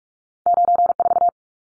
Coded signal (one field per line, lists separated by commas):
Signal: Morse code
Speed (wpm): 44 wpm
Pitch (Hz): 700 Hz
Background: none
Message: 94